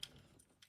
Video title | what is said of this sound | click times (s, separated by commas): 🚀 THE NEW KING OF CUBES? - GAN 16 MagLev Unboxing & Review | put this one on top of it and make sure it clicks. And | 0.0 s